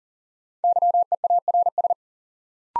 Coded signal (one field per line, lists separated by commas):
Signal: Morse code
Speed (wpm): 38 wpm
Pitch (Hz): 700 Hz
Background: none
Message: YEARS